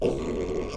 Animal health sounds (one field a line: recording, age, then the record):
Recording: pig call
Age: piglet (1 to 25 days)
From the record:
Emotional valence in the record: negative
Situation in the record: crushing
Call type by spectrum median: low-frequency call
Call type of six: mixed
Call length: 0.77 s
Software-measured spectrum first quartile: 241 Hz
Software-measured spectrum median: 402 Hz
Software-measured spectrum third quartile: 607 Hz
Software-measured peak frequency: 380 Hz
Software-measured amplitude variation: 113 dB a second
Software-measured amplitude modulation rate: 26.0 a second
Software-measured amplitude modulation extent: 4.4 dB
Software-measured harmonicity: 1.7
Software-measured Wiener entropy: -0.54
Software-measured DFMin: 1255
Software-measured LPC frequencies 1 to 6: 434, 951, 2215, 2714, 3332, 4349 Hz